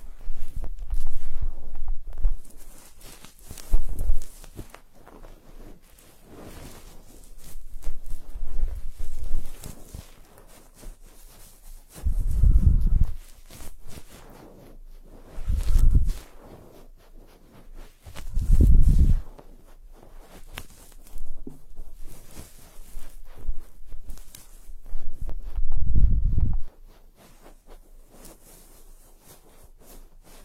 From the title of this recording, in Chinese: 用各种棒棒清洁你的耳朵